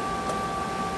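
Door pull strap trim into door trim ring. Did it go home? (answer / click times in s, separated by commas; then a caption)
no / none. A Rennline RS door pull strap trim is handled against the door trim ring during a Mini Cooper door handle installation, just after the strap has been slid through. Only a steady, hissy background with faint constant tones is heard, with no sharp sounds. Nothing has seated or clicked yet.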